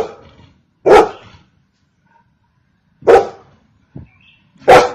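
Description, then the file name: Golden retriever barking, three loud separate barks spaced over about four seconds with quiet gaps and a faint brief sound between them. "Golden retriever Dog"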